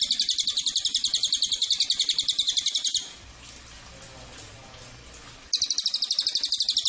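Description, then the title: Cililin singing a fast, high, buzzy trill of rapid repeated notes for about three seconds, then a short pause with faint background noise before the trill resumes. Recording used as a master for training songbirds or as a lure to attract Cililin. "MASTERAN SUARA BURUNG CILILIN PANCINGAN CILILIN"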